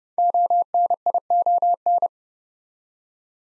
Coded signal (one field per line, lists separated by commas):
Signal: Morse code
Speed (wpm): 30 wpm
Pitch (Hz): 700 Hz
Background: none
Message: ONION